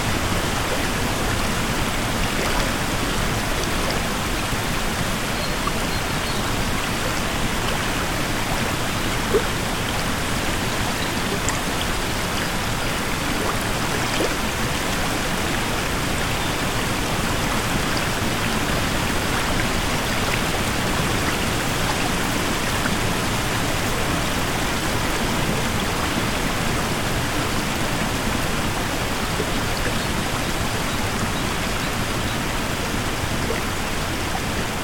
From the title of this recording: FOREST STREAM